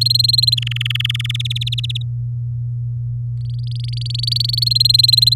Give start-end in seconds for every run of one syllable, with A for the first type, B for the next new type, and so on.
0.01-0.55 A, 0.57-1.36 B, 1.39-2.02 C, 3.41-4.64 D, 4.66-5.34 A